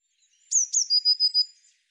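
Eurasian blue tit gives two sharp thin downslurred notes, then a steady high trill of four quick pulses, on a quiet background.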